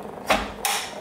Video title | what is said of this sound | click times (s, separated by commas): How to install a M 2 SSD into a QNAP TVS 1282T NAS | snaps back in place very good okay | 0.7 s